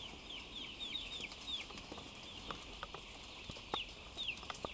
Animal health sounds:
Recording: poultry house recording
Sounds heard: healthy chickens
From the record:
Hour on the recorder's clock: 14

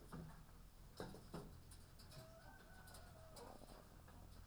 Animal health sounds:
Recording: poultry house recording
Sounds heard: sick chickens (respiratory disease)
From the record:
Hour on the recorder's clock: 9

